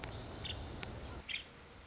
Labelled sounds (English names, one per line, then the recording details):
Nuttall's Woodpecker
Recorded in Sonoma County, California